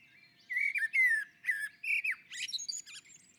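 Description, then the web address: Common blackbird delivering a single phrase of rich, downslurred whistles, then a quick high-pitched chattering flourish at the end. On the roof. "sammel Naturinspelningar Koltrast på taket"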